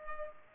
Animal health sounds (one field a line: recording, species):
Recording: mosquito wingbeat signal from an infrared sensor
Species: Culex pipiens